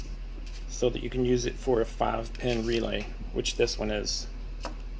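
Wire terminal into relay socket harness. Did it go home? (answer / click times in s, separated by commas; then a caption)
no / none. Someone talks while handling a plastic 5-pin relay socket harness and the extra red wire whose crimped terminal is meant to be pushed down into its center hole until it locks. A faint tap sounds near 4.7 s, but the terminal has not snapped in or seated yet.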